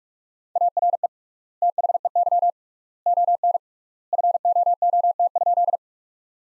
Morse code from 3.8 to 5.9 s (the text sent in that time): FOOT?